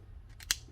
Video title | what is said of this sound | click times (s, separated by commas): TANI MULTIPLIKATOR NA SZCZUPAKA i INSTRUKCJA OBSŁUGI | założyć to trzeba go troszkę u góry zostawić i kliknąć | 0.4 s, 0.5 s